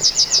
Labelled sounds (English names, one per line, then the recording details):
Yellowhammer song
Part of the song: start
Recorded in the Czech Republic on 13 May 2015
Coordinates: 50.011, 16.208
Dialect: BE
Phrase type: G13
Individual ch010